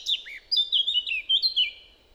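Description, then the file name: Eurasian blackcap song, a quick continuous run of sweet warbling notes with rising and falling slurs, lasting about two seconds. "Sylvia atricapilla"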